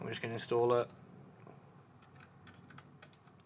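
A micro SD card is lined up at the card slot of a trail camera, with the words on the card facing the back screen, ready to be pushed in. Someone talks briefly at the start, then light handling ticks and taps follow from about 2.2 to 3.4 seconds. The card has not clicked or seated yet.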